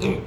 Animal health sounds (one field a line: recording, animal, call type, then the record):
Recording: contact call of a hoofed animal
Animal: pig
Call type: closed-mouth grunt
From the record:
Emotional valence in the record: positive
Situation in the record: food and toys in familiar pen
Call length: 0.27 s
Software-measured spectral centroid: 2010 Hz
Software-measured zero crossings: 1210 a second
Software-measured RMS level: -24 dBFS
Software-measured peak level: -10 dBFS